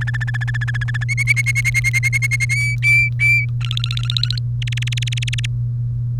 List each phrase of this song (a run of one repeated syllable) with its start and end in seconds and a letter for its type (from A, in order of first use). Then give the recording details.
0.01-1.04 A, 1.09-2.45 B, 2.49-3.45 C, 3.61-4.38 D, 4.62-5.46 E. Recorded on 30 April 2018 at 17:47. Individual llb3